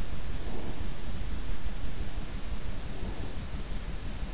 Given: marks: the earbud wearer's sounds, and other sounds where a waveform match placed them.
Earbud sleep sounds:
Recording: sounds in sleep by an in-ear microphone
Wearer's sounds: breath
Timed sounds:
0.35-0.84 s: breath

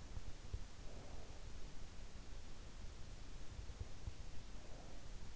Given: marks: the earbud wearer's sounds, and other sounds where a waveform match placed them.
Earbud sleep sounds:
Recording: sounds in sleep by an in-ear microphone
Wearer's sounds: breath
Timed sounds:
0.55-1.89 s: breath
4.38-5.36 s: breath

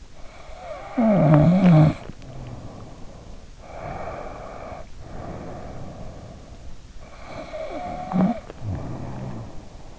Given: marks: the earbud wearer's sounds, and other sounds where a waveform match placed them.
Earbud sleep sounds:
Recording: sounds in sleep by an in-ear microphone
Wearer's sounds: snoring breath, breath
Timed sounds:
0.00-3.49 s: snoring breath
3.63-6.76 s: breath
7.05-9.99 s: snoring breath

